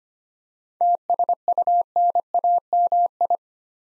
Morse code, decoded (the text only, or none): TSUNAMI